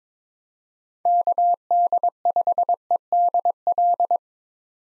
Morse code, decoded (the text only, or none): KD5EDL